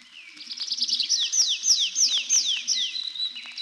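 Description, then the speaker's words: Tree Pipit song: evenly repeated, sweet descending slurred notes, about three a second, ending in a level, drawn-out high note. Song heard over forest edges and overgrown clearings; twittering part begun while perched in a tree and continued while flying up, second part sung while gliding down to a neighbouring treetop. "Песня лесного конька слышна над лесными опушками и зарастающими сечами."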